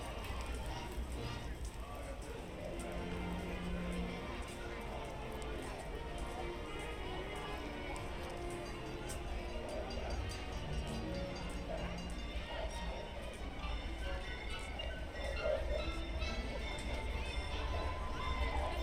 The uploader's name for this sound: Mickey's Toon Town, Disneyland Binaural Recording